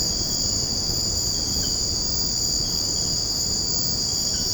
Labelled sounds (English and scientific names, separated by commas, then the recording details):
none
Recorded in secondary vegetation near Puerto Asís, Putumayo, Colombia, on 13 March 2025 at 00:30
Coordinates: 0.481, -76.318
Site G097